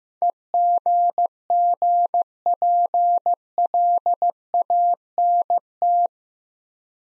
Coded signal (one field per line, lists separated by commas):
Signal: Morse code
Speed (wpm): 15 wpm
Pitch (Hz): 700 Hz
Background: none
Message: EGGPLANT